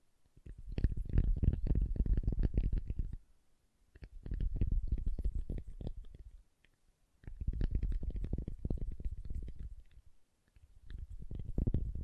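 Soap being tapped and carved, heard as dense, rapid bursts of low, muffled scraping and crumbling. Four bursts of about two to three seconds each are separated by short near-silent pauses, each rising and fading in loudness, with faint crisp ticks on top.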